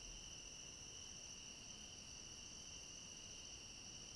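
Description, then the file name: Cricket chorus, a bright unbroken high-pitched trill with a higher overtone, running evenly through the whole short stretch. Chorus of crickets at night. "Coro de grilos a noite com cachorro longe"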